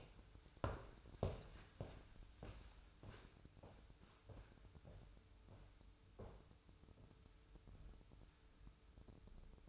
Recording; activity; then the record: daily activity, microphone in the room; walk to room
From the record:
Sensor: 2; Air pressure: 988.1 hPa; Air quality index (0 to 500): 176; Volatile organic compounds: 111 ppm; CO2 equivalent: 3822 ppm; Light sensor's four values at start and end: 21/70/27/26 and 21/71/28/26